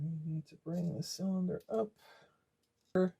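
While reassembling a prewar Lionel 1666 toy train locomotive that gets power but won't move, someone talks as the reversing-unit drum cylinder is pushed up toward its frame. Nothing has seated or clicked yet; the cylinder is handled but not yet home.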